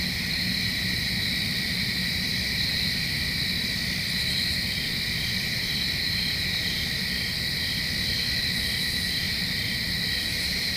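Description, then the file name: Crickets chirping in a steady, continuous high-pitched chorus, with one pulsing trill layered over a constant background drone. Recorded in Flat Rock. "Owl in Flat Rock with cricketts"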